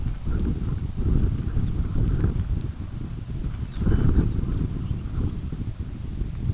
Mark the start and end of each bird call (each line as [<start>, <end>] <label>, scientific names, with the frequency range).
[1.73, 1.93] Calcarius lapponicus (4.8-5.9 kHz)
[3.07, 5.40] Calcarius lapponicus (2.2-7.3 kHz)